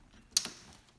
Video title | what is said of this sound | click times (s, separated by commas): Repair a recliner - Fix Your reclining chair! - Fix your la-z-boy | And then this piece right here is going to snap in place. | 0.4 s